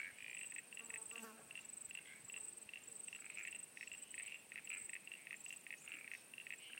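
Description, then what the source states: Frogs calling in a chorus, many short pulsed notes repeated rapidly and unevenly, with a steady high insect-like hiss throughout. Frogs at Sunny Corner.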